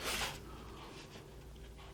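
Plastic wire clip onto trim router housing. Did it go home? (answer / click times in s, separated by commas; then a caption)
no / none. A plastic wire clip is positioned on a trim router housing before it is pressed down. A short broadband rustle of handling comes at the start, fading into low, steady background noise. Nothing has snapped or clicked into place yet.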